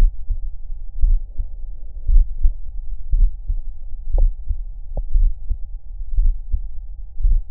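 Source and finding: Heart by stethoscope. Normal heart sounds at the apex.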